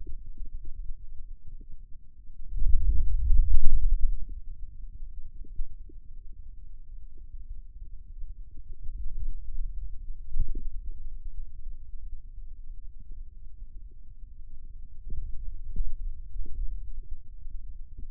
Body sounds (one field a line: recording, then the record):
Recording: forearm muscle sounds (acoustic myography)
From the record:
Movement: finger pinch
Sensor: system 2, bracelet of six BSWA MPA416 microphones around the upper forearm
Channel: 3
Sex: male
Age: 22 years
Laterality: right